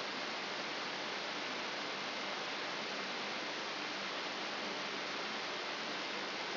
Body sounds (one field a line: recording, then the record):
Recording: brain microelectrode recording played as sound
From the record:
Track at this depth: inside the subthalamic nucleus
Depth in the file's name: 1.705 mm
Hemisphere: left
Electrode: 3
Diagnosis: Parkinson's disease